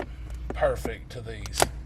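A driver-side JoyTutus all-weather rubber floor mat, laser cut for a tight fit, is handled and pressed down under the pedal toward the floor retention hooks of a 2015-2020 Ford F-150 SuperCrew Cab. Someone talks over soft rubbery handling and rustling. Nothing has seated or clicked yet.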